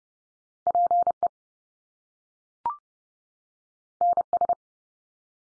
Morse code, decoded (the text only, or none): PE NS